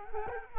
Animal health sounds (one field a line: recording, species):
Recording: mosquito wingbeat signal from an infrared sensor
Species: Culex quinquefasciatus